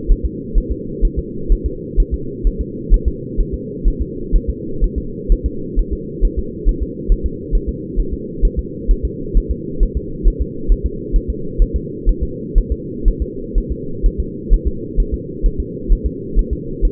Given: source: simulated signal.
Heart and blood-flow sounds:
fetal heart sounds
0.11 s: S1
0.25 s: S2
0.58 s: S1
0.72 s: S2
1.05 s: S1
1.19 s: S2
1.52 s: S1
1.66 s: S2
2.00 s: S1
2.14 s: S2
2.47 s: S1
2.61 s: S2
2.94 s: S1
3.08 s: S2
3.40 s: S1
3.54 s: S2
3.88 s: S1
4.02 s: S2
4.36 s: S1
4.49 s: S2
4.84 s: S1
4.98 s: S2
5.32 s: S1
5.46 s: S2
5.79 s: S1
5.93 s: S2
6.25 s: S1
6.39 s: S2
6.69 s: S1
6.83 s: S2
7.12 s: S1
7.26 s: S2
7.55 s: S1
7.69 s: S2
7.99 s: S1
8.13 s: S2
8.45 s: S1
8.59 s: S2
8.91 s: S1
9.05 s: S2
9.37 s: S1
9.51 s: S2
9.83 s: S1
9.97 s: S2
10.28 s: S1
10.41 s: S2
10.72 s: S1
10.86 s: S2
11.16 s: S1
11.30 s: S2
11.62 s: S1
11.76 s: S2
12.09 s: S1
12.23 s: S2
12.58 s: S1
12.72 s: S2
13.08 s: S1
13.22 s: S2
13.58 s: S1
13.72 s: S2
14.06 s: S1
14.20 s: S2
14.53 s: S1
14.67 s: S2
15.00 s: S1
15.14 s: S2
15.46 s: S1
15.60 s: S2
15.92 s: S1
16.06 s: S2
16.39 s: S1
16.53 s: S2
16.85 s: S1
From the record:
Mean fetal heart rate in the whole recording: 130 bpm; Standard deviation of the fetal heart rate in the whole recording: 4 bpm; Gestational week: 38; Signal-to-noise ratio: -4.3 dB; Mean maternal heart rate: 72 bpm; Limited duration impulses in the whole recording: absent

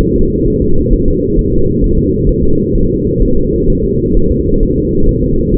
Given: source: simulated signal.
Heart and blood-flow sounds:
fetal heart sounds
0.01 s: S1
0.16 s: S2
0.47 s: S1
0.62 s: S2
0.93 s: S1
1.08 s: S2
1.39 s: S1
1.53 s: S2
1.84 s: S1
1.99 s: S2
2.29 s: S1
2.44 s: S2
2.75 s: S1
2.90 s: S2
3.22 s: S1
3.37 s: S2
3.70 s: S1
3.84 s: S2
4.17 s: S1
4.31 s: S2
4.63 s: S1
4.78 s: S2
5.09 s: S1
5.23 s: S2
5.54 s: S1
From the record:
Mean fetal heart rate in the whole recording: 130 bpm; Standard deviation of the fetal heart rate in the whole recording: 4 bpm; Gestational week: 38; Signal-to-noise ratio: -17.7 dB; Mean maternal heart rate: 72 bpm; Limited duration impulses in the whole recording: present

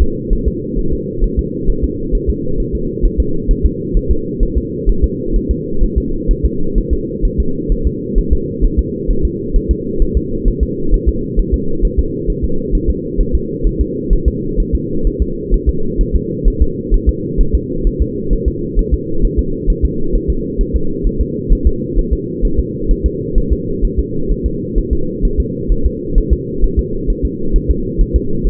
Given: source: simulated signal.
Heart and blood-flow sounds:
fetal heart sounds
0.02 s: S2
0.33 s: S1
0.48 s: S2
0.79 s: S1
0.93 s: S2
1.24 s: S1
1.39 s: S2
1.70 s: S1
1.84 s: S2
2.15 s: S1
2.30 s: S2
2.60 s: S1
2.75 s: S2
3.05 s: S1
3.20 s: S2
3.51 s: S1
3.66 s: S2
3.97 s: S1
4.11 s: S2
4.43 s: S1
4.58 s: S2
4.89 s: S1
5.04 s: S2
5.36 s: S1
5.51 s: S2
5.84 s: S1
5.98 s: S2
6.31 s: S1
6.45 s: S2
6.78 s: S1
6.93 s: S2
7.25 s: S1
7.40 s: S2
7.72 s: S1
7.87 s: S2
8.19 s: S1
8.33 s: S2
8.65 s: S1
8.79 s: S2
9.11 s: S1
9.25 s: S2
9.56 s: S1
9.71 s: S2
10.02 s: S1
10.17 s: S2
10.48 s: S1
10.63 s: S2
10.94 s: S1
11.08 s: S2
11.39 s: S1
11.54 s: S2
11.85 s: S1
11.99 s: S2
12.30 s: S1
12.44 s: S2
12.75 s: S1
12.90 s: S2
13.21 s: S1
13.35 s: S2
13.67 s: S1
13.81 s: S2
14.13 s: S1
14.28 s: S2
14.60 s: S1
14.75 s: S2
15.07 s: S1
15.22 s: S2
15.54 s: S1
15.69 s: S2
16.01 s: S1
16.16 s: S2
16.48 s: S1
16.62 s: S2
16.94 s: S1
17.09 s: S2
17.41 s: S1
17.55 s: S2
17.87 s: S1
18.02 s: S2
18.33 s: S1
18.48 s: S2
18.79 s: S1
18.94 s: S2
19.25 s: S1
19.39 s: S2
19.70 s: S1
19.85 s: S2
20.16 s: S1
20.30 s: S2
20.61 s: S1
20.76 s: S2
21.07 s: S1
21.21 s: S2
21.53 s: S1
21.67 s: S2
21.99 s: S1
22.13 s: S2
22.45 s: S1
22.59 s: S2
22.91 s: S1
23.06 s: S2
23.38 s: S1
23.53 s: S2
23.85 s: S1
23.99 s: S2
24.32 s: S1
24.46 s: S2
24.78 s: S1
24.93 s: S2
25.25 s: S1
25.40 s: S2
25.72 s: S1
25.86 s: S2
26.18 s: S1
26.33 s: S2
26.64 s: S1
26.79 s: S2
27.10 s: S1
27.25 s: S2
27.56 s: S1
27.70 s: S2
28.01 s: S1
28.16 s: S2
28.47 s: S1
From the record:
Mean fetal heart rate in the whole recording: 130 bpm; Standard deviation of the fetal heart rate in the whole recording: 2 bpm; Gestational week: 38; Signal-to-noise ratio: -8.1 dB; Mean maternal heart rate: 72 bpm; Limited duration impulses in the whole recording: absent

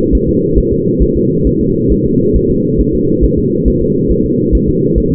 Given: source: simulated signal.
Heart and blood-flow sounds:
fetal heart sounds
0.15 s: S1
0.29 s: S2
0.58 s: S1
0.72 s: S2
1.02 s: S1
1.17 s: S2
1.47 s: S1
1.61 s: S2
1.92 s: S1
2.06 s: S2
2.36 s: S1
2.50 s: S2
2.80 s: S1
2.95 s: S2
3.24 s: S1
3.38 s: S2
3.68 s: S1
3.82 s: S2
4.11 s: S1
4.26 s: S2
4.55 s: S1
4.69 s: S2
4.98 s: S1
5.12 s: S2
From the record:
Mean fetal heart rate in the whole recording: 140 bpm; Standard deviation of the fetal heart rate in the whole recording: 2 bpm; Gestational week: 34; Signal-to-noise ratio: -11.2 dB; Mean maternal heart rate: 72 bpm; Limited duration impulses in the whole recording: present

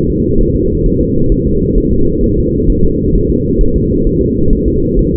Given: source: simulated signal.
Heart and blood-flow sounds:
fetal heart sounds
0.10 s: S2
0.41 s: S1
0.56 s: S2
0.86 s: S1
1.01 s: S2
1.32 s: S1
1.47 s: S2
1.78 s: S1
1.93 s: S2
2.24 s: S1
2.38 s: S2
2.70 s: S1
2.84 s: S2
3.15 s: S1
3.30 s: S2
3.61 s: S1
3.76 s: S2
4.07 s: S1
4.22 s: S2
4.53 s: S1
4.68 s: S2
4.99 s: S1
5.14 s: S2
From the record:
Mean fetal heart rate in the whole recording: 130 bpm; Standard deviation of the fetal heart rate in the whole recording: 4 bpm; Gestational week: 38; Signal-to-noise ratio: -16.4 dB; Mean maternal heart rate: 72 bpm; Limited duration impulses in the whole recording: present

